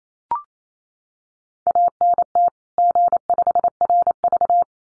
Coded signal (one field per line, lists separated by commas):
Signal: Morse code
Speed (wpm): 28 wpm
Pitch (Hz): 700 Hz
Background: none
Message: ANT G5RV